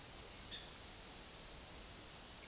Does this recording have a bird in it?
yes